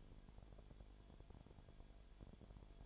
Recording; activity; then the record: daily activity, microphone in the room; no activity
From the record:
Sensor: 5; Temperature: 19.9 degrees Celsius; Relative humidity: 37.1%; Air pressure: 1007.4 hPa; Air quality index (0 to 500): 84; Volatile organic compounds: 1 ppm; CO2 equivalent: 965 ppm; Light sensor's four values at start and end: 2/3/1/1 and 2/3/1/1